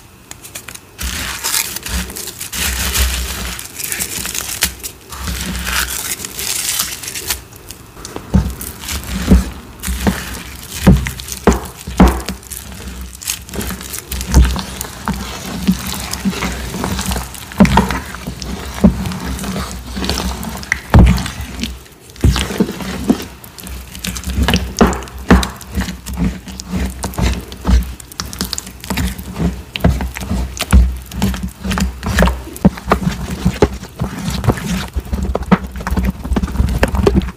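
Cornstarch cubes and chalk pieces are crushed in a dense, continuous run of crunching and crumbling, with sharp cracks scattered throughout. A low steady hum runs underneath. Brief pauses break the crunching near 5 and 22 seconds before it resumes.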